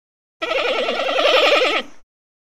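Giant panda bleating call, a single wavering bleat with rapid tremolo lasting about one and a half seconds, fading at the end.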